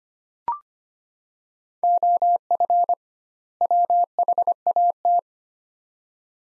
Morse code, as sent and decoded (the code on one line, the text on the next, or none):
--- ..-. / .-- .... .- -
OF WHAT